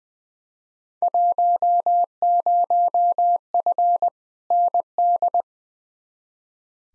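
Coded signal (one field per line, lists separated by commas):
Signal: Morse code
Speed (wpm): 20 wpm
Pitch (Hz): 700 Hz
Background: none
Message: 10F ND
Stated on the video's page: Randomly selected Field Day exchanges sent in Morse at 20 wpm as head-copy practice, each sent, spoken, then sent again.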